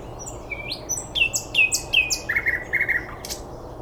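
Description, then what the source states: Bird song of high whistled notes followed by a few lower ringing notes, over quiet hiss. Recorded 9 May 2014 at 06:39.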